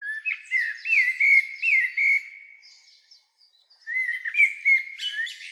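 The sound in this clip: Bird giving sliding whistled notes, rising and falling in quick repeated loops, fading out, then resuming after a pause with more loops and sharp chirps.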